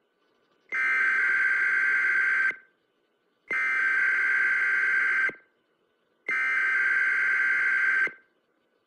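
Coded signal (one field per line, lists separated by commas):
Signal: Emergency Alert System (SAME) tones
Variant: header bursts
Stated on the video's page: Real national EAS test.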